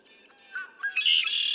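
Red-winged blackbird song: a few short introductory notes followed by a long, bright buzzy trill that holds steady to the end.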